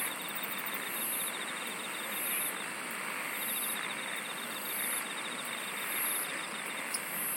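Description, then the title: Insects calling: sharp high buzzes repeated about every 1.2 seconds, with continuous fast pulsing trills beneath and steady background hiss. "SINGING OF INSECTS"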